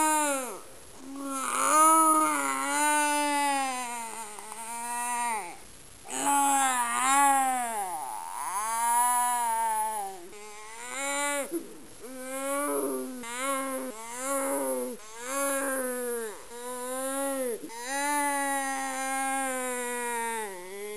Human Baby Crying.